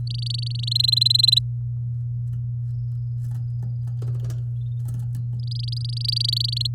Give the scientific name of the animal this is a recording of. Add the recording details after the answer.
Serinus canaria. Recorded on 8 May 2018 at 12:14. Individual llb16